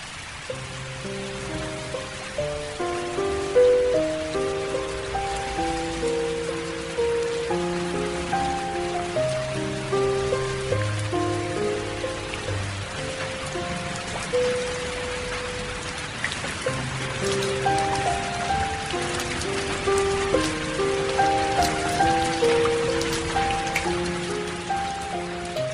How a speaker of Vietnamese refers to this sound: Trời mưa, Linh ghét trời mưa, ghét cảm giác chạm vào cái gì cũng thấy ẩm ướt, ghét những lúc phải ra phố, ống quần thế nào cũng ướt, thậm chí cả vai và tóc, mặc dù đã mang ô bên mình.